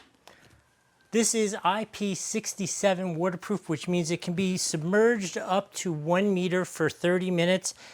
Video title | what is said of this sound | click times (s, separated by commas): VEVOR Weatherproof Hard Case Review: The Ultimate Protection for Your Gear! | let's hear the snap again | 0.3 s